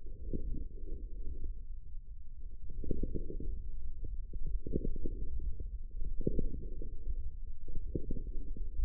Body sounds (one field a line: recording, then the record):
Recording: forearm muscle sounds (acoustic myography)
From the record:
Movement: forearm pronation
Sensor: system 1, eight BSWA MPA416 microphones around the upper forearm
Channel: 6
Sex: male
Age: 18 years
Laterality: right